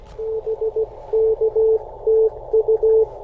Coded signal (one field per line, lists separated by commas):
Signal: Morse code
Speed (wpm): 16 wpm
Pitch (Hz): 440 Hz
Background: none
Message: BK TU